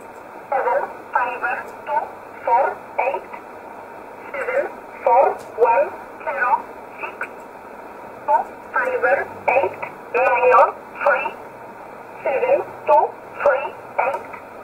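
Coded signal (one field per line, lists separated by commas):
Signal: numbers station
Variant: E11 Oblique, English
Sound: short, evenly spaced spoken words in a narrow, radio-filtered voice over steady hiss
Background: radio static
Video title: 11 10 2019 E11 Oblique Numbers station in English 1008 on 7317 unknown tx site in USB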